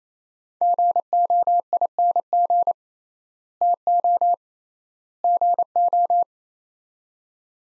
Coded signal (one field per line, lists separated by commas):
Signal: Morse code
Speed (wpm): 28 wpm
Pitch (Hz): 700 Hz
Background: none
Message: GOING TO GO